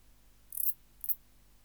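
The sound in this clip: Bush-cricket Steropleurus noblei song: two brief, very high, hissing chirps about half a second apart, with quiet between and after.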